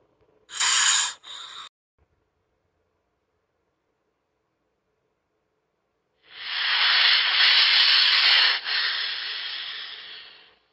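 Anaconda hissing: a short sharp double hiss, then after a pause a long steady breathy hiss lasting about four seconds.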